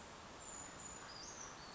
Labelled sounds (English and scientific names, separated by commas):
Western Flycatcher (Empidonax difficilis)